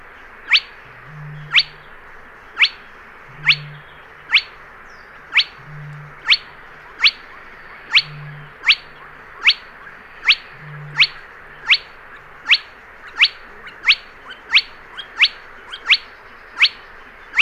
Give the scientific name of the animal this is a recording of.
Porzana porzana